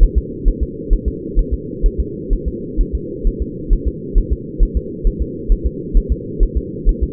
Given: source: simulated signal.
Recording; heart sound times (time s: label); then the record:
fetal heart sounds
0.03 s: S1
0.18 s: S2
0.48 s: S1
0.63 s: S2
0.93 s: S1
1.08 s: S2
1.39 s: S1
1.53 s: S2
1.86 s: S1
2.00 s: S2
2.33 s: S1
2.48 s: S2
2.81 s: S1
2.95 s: S2
3.27 s: S1
3.42 s: S2
3.73 s: S1
3.88 s: S2
4.18 s: S1
4.33 s: S2
4.63 s: S1
4.77 s: S2
5.07 s: S1
5.22 s: S2
5.52 s: S1
5.67 s: S2
5.97 s: S1
6.12 s: S2
6.43 s: S1
6.57 s: S2
6.89 s: S1
7.03 s: S2
From the record:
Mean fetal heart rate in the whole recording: 130 bpm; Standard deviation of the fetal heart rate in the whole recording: 4 bpm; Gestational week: 38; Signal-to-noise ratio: -4.1 dB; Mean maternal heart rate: no maternal heart sound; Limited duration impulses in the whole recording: absent